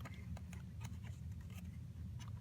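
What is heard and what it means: A second RAM stick is handled over a motherboard DIMM slot during a memory swap on a Dell 980SFF, with the key matched to the slot before the stick is pressed down on each side until the plastic latches snap. Over a steady low hum, a few short, faint handling ticks come at about 0.4, 0.5 and 0.9 seconds. The clip ends before the stick goes home, and nothing has seated or clicked yet.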